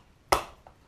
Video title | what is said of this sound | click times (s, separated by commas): L'OBR = Ouvre Boîte Révolutionnaire | se clipse la | 0.3 s